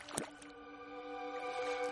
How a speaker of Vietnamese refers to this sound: Cái ghe tam bản e ạch trên con kênh nước đục. Tiếng mái chèo khu nước róc rách, kèm theo tiếng trao có phần cọc cằn của ông già râu dài,